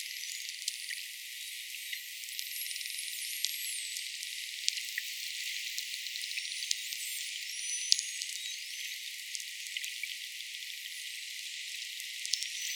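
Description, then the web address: Common dolphin sounds underwater, thin rising and falling whistles with scattered sharp clicks throughout, against a constant high hiss. "PMahe Voile'Ocean. Dauphin Commun"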